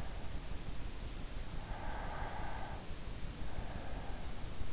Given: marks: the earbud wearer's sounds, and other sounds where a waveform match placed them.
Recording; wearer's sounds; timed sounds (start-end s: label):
sounds in sleep by an in-ear microphone; breath
1.35-4.50 s: breath